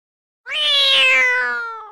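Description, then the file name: Cat meowing: one long, drawn-out meow that starts bright and strong, then slowly falls in pitch and fades at the end. "koshka"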